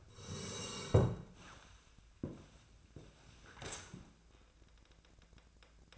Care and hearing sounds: daily activity, microphone in the room; sit down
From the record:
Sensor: 2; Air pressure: 1000.3 hPa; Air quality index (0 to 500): 160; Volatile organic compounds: 3 ppm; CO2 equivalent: 1337 ppm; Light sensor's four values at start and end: 9/19/9/9 and 8/19/8/9

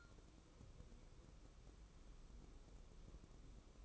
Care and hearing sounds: daily activity, microphone in the room; take from stove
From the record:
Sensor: 1

